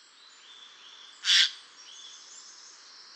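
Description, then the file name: Eurasian jay giving a single short, grating screech against faint background noise. "Garrulus glandarius"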